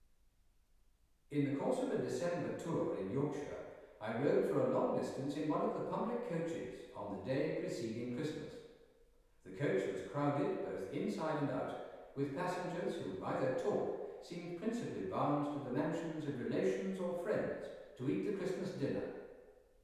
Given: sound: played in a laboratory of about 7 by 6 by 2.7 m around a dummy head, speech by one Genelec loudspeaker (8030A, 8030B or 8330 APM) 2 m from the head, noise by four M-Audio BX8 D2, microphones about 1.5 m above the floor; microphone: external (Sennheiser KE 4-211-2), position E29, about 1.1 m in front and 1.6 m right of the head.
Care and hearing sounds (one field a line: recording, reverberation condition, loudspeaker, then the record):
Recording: male speech in English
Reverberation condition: high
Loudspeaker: 90 degrees to the left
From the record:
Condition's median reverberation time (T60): about 1300 ms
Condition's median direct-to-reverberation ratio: about -4.0 dB